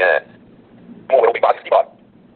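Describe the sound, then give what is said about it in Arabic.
A short, bright electronic confirmation beep sounds once from a PRONTO device as its wireless network is switched on, then after a brief pause a synthetic voice speaks a few quick Arabic words asking the user to wait. “سمعتم نغمة صغيرة كذا، رنة قصيرة، ثم بعد ذلك طلب مني الانتظار، والآن قام بتشغيل الشبكة اللاسلكية.”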